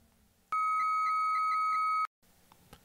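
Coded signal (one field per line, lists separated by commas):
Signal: 300-baud modem data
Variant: Bell 103, answering side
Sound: two steady tones for 1.5 seconds, the higher one warbling briefly five times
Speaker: what about the higher frequency when i typed hello in the other direction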